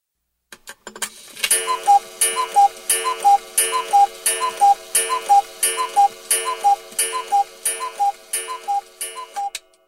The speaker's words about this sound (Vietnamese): Đồng hồ treo trên tường đang tích tắc đều đặn chỉ thời gian.